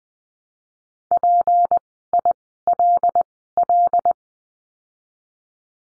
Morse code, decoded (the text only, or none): PILL